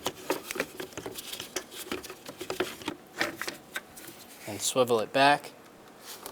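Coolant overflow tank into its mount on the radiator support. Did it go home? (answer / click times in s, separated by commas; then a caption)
no / none. The plastic coolant overflow tank of a 2012-2016 Subaru Impreza is set into its bottom pin mount and swiveled back toward its mount on the radiator support while someone talks. Light plastic taps and rattles of handling are heard. Nothing has seated or clicked into place yet.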